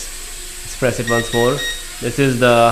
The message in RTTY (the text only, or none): none